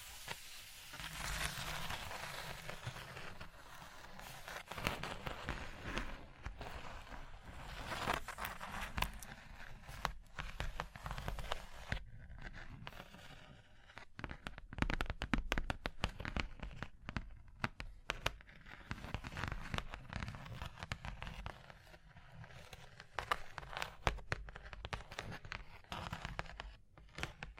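Tapping, scratching and tracing sounds on a surface, made of dense, irregular clicks and scrapes that run for the whole stretch. Sharp, bright taps arrive in quick clusters, heaviest after the midpoint, over a low, continuous rubbing.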